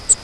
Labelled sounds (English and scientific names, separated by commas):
Grace's Warbler (Setophaga graciae) flight call